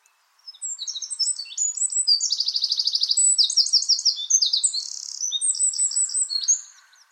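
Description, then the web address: Bird song: a long, high-pitched run of varied chirps and whistled notes with a fast buzzy trill in the middle, lasting about six seconds. "Bird Only"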